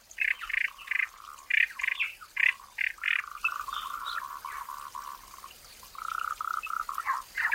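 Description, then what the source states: Frogs calling with loud grating croaks early on, then a lower, softer run of repeated notes, the louder croaks returning toward the end. Frogs calling in a forest.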